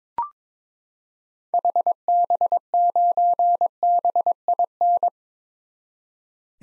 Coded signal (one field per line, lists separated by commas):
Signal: Morse code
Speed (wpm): 22 wpm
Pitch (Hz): 700 Hz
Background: none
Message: HB9BIN